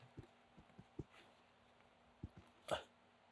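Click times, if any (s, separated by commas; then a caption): 1.0 s. A plastic GT3 brake cooling duct is pressed back onto the suspension control arm of a Porsche Cayman/Boxster (or 911), after a bottom tab that had been caught behind the arm's back edge was freed. Soft plastic knocks and taps lead up to a short, sharp snap at 1.0 s as the duct snaps into place. A few more dull knocks follow, then a louder, brief rustling clatter near 2.7 s.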